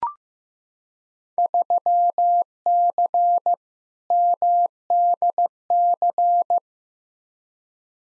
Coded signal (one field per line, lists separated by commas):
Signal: Morse code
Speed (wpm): 15 wpm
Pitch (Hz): 700 Hz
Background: none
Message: 3C MDC